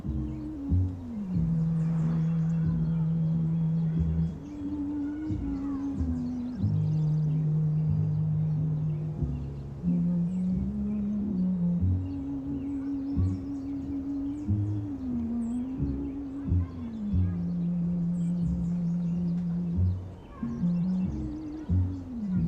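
Oldies music plays in another room, heard mostly as a muffled low melody of long held notes that step up and down. The treble is dulled, and the level stays steady for the whole stretch, with only brief dips between phrases.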